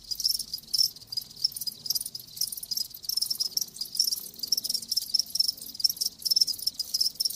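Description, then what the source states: Cricket chorus of rapid high chirps, overlapping in a steady shimmering trill. Live crickets chirping in a lulling song.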